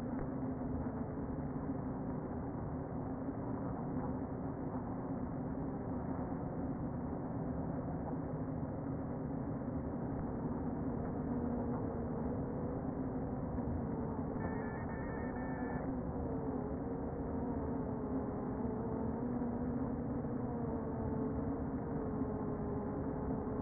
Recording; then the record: honeybee colony, microphone inside the hive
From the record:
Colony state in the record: queen present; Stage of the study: before two queens were removed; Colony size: about 60,000 bees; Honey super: yes